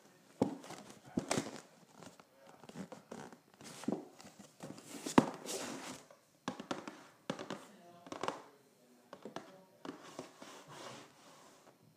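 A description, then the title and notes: Someone scratches and taps a cardboard box in irregular bursts, with rough scraping strokes and sharp knocks scattered throughout. The scratching comes in short rasping patches, some bright and hissy, separated by brief pauses, with a few louder taps, notably near the five-second mark. ASMR Scratching and Tapping a Cardboard Box.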